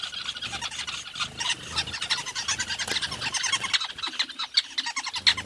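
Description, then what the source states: Weavers chattering loudly: a dense, rapid stream of harsh chirps and buzzy notes without break. Recorded at a large weaver nest in Etosha National Park, Namibia.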